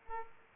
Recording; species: mosquito wingbeat signal from an infrared sensor; Aedes aegypti